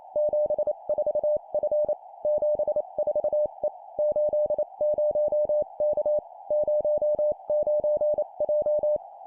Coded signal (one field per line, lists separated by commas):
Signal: Morse code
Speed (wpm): 28 wpm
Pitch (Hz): 600 Hz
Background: none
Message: 74F 74E 80K 09J